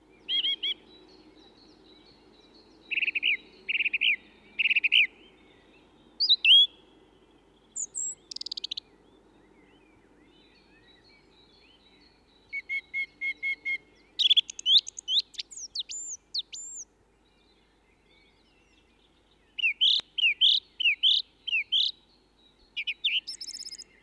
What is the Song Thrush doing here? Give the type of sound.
song